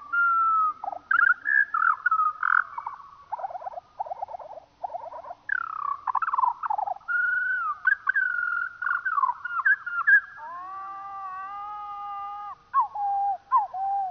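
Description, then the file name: Eurasian skylark song, slowed: varied warbling with pulsing buzzy trills, sweeping slurs, and near the end long steady whistled notes stacked in layers. Played slowed down. "skylark slowed down"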